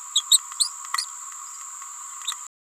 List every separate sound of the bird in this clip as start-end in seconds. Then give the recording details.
0.14-0.23, 0.30-0.39, 0.59-0.71, 2.27-2.34. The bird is a female. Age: 28 days. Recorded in a nest box in Venezuela. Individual 17B31A3